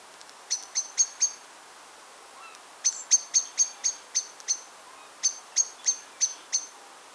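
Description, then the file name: Common blackbird calls: sharp, high-pitched chinking notes given in three quick bursts of several notes each, over a quiet background. "Turdus merula"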